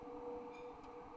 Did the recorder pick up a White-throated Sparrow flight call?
no